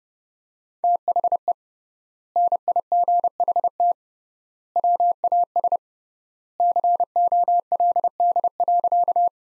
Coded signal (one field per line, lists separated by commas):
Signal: Morse code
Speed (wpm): 30 wpm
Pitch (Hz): 700 Hz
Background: none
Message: THE NIGHT WAS COLD.